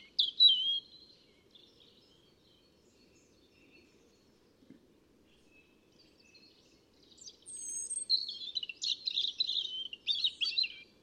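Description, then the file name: European robin song: a brief warble, a long quiet gap with faint notes, then a longer burst of high trills and twitters. "Erithacus rubecula"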